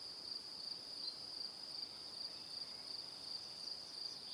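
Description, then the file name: Crickets chirp in a constant high, thin chorus, gently pulsing throughout, with low steady background hiss. Evening. "Calm - Evening Crickets"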